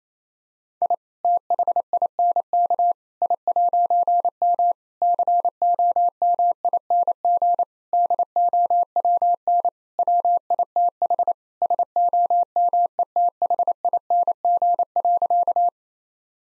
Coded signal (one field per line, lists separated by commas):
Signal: Morse code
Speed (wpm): 27 wpm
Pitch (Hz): 700 Hz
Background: none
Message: I THINK I'M COMING DOWN WITH SOMETHING.